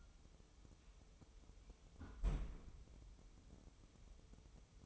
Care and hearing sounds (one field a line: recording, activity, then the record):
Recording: daily activity, microphone in the room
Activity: close fridge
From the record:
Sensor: 1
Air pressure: 988.4 hPa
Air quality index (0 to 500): 199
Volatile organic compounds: 1000 ppm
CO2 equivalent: 5323 ppm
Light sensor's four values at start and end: 27/101/38/39 and 27/101/38/39